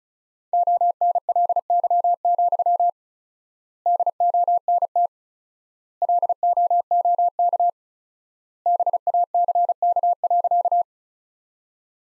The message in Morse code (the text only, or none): ONLY, DONT LOOK BACK.